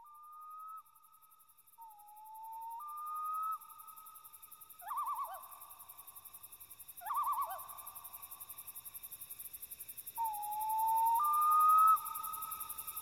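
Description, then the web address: Loon calls: long, drawn-out wailing notes, some stepping upward in pitch, broken by wavering tremolo phrases, over a steady electronic musical drone. "Nature's Magic - Mystical Call of the Loon"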